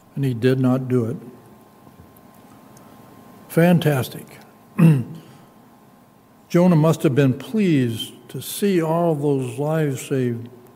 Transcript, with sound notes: and he did not do it. Fantastic. [clears throat] Jonah must have been pleased to see all those lives saved.